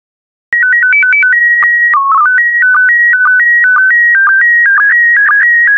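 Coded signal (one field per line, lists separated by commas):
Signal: SSTV (slow-scan television)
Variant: PD 120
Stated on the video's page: SSTV images in PD120 mode.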